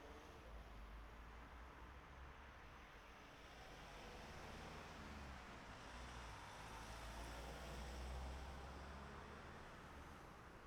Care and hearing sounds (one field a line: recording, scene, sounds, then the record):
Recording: everyday scene through a hearing-aid microphone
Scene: in traffic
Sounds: traffic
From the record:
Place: city secondary road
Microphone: behind the ear, right, front